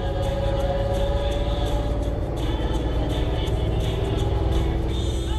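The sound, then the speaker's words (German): A tour bus engine drones steadily and loudly through the whole stretch as the bus heads for the Old Town of Edinburgh during the Fringe Festival, with a low rumbling hum, a faint rising tonal whine and scattered clicks and rattles over the top. “Liebe Gäste, unser Bus nimmt nun Kurs auf die Altstadt.”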